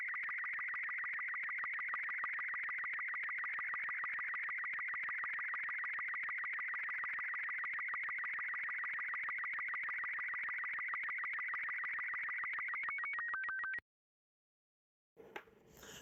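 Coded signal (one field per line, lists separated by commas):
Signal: SSTV (slow-scan television)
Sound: rapid warbling, chirping tone with fast regular ticks, ending in stepped beeps, then silence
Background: radio static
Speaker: You may want to lower your volume because I'm getting ready to show you a sample of the sound and let you see an image coming in.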